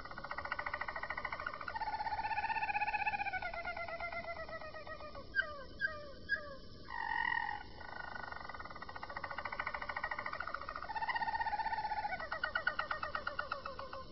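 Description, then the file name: Roller canary singing continuous rolling tours, deep hollow rolls alternating with higher rattling trills and a few sharp clicks, with steady low background hiss throughout. "kenari-roller-v 4-omkicau"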